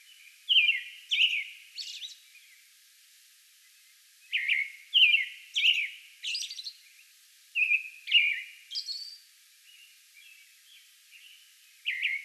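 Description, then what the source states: American robin song: groups of two to four warbled phrases, each set followed by a short silence, with high thin squeaks woven among the richer whistles. Song bout recorded on May 11.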